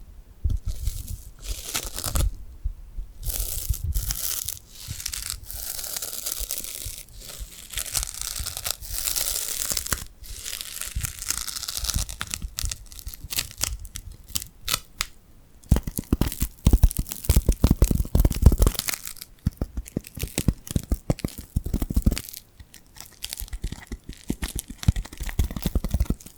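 Sticky hand sounds: skin peeling and tearing away from glue in quick crackly bursts, bright and hissy in the first half. After about 15 seconds the sounds turn denser and deeper, with rapid sticky pops and crunches that continue to the end.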